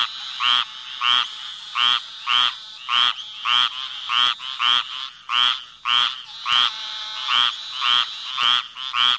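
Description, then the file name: Squirrel treefrog giving harsh, rasping quacks in a quick regular series, roughly two per second, with no other clear sounds. "Hyla squirella - Squirrel Treefrog"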